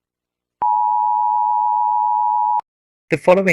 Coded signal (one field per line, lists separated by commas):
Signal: Emergency Alert System (SAME) tones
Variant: 853 and 960 Hz attention tone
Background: speech